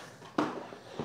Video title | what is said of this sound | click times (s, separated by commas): Corbin Gunfighter REVIEW for the KAWASAKI Z900RS | and it should just pop into place like that and it's locked back in | 0.4 s